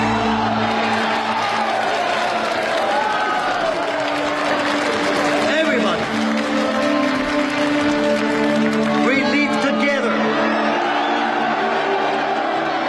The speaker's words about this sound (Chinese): 冷锋要带所有人走，他的话音刚落，现场的工人立刻欢呼起来。